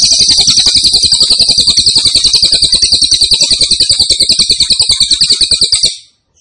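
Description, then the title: Grey-cheeked tit-babbler giving a sustained, piercing buzzy trill with rapid steady pulses for about six seconds, then stopping abruptly. Cililin described as gacor, singing persistently, with a strong voice (suara mantap). "Cililin AMPUH. Cililin Gacor Suara Mantap"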